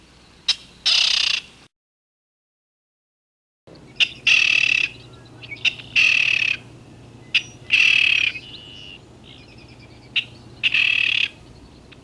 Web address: 101 Bird Songs. King Rail